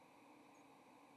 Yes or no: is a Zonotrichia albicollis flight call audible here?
no